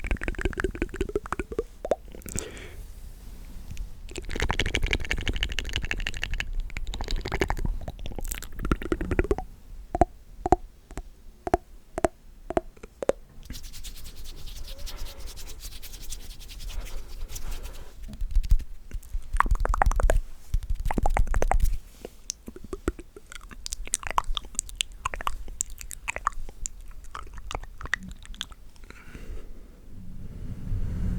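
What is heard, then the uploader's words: Wet mouth sounds fill the recording: chewing, smacking and sticky clicks in dense, irregular bursts. Around ten to thirteen seconds a quick run of sharp, evenly spaced clicks stands out, and softer rubbing and scratching textures fill the gaps between louder moments. ASMR The MOST Extreme MOUTH Sounds For TINGLE Immunity & Sleep.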